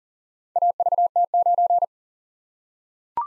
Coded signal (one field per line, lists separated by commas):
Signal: Morse code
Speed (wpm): 40 wpm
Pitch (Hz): 700 Hz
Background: none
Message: AVT9